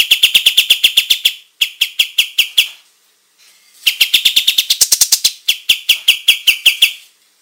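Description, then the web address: Olive-winged bulbul singing in bursts of quick, bright repeated chirps, broken by short silent gaps. Singing in full, active voice (gacor). "kapas-tembak suara-burung-kapas-tembak-gacor"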